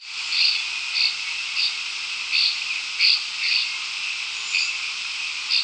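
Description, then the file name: Northern rough-winged swallow uttering brief, harsh, buzzy notes repeated at irregular intervals against a constant hiss. Recorded on 9 July. "nrws 9 jul"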